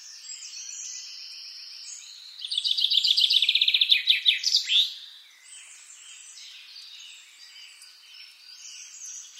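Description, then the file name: Common chaffinch song: a loud, fast run of repeated notes ending in a brief flourish, with other birds chirping softly around it. "Fringilla coelebs"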